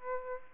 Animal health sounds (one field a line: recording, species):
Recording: mosquito wingbeat signal from an infrared sensor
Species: Aedes aegypti